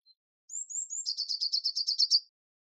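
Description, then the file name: Eurasian blue tit with three high thin notes running into a quick, rhythmic trill. "Cyanistes caeruleus"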